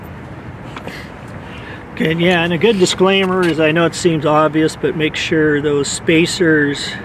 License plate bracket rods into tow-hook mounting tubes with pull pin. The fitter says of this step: pull the pull pin so we can get the rods by it and just push it until it clicks into place